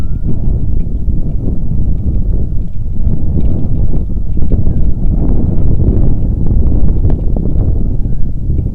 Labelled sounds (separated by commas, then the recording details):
loon, wind
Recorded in the Arctic National Wildlife Refuge, Alaska, on 3 August 2019 at 09:06
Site 46